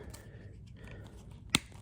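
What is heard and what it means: A small chrome top trim piece is lined up and pushed into place on a Mazda CX-5 key fob (2020–2025 models) during a battery replacement. Quiet low-level handling noise is followed by one sharp, bright click at 1.5 s as the chrome piece seats.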